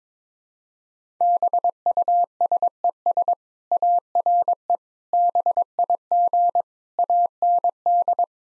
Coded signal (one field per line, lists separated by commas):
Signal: Morse code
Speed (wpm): 21 wpm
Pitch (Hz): 700 Hz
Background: none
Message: BUSES ARE BIG AND